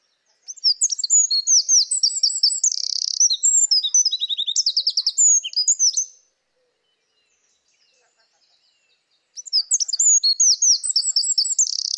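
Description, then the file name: Eurasian wren song: a six-second torrent of high, sharp notes and trills, about three seconds of quiet, then a second song begins. "Troglodytes troglodytes"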